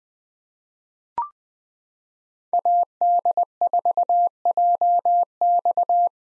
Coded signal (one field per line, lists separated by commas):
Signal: Morse code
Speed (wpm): 20 wpm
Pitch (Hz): 700 Hz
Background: none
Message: AD4JX